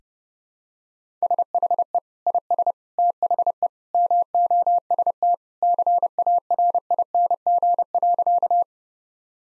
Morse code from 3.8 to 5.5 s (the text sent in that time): MOST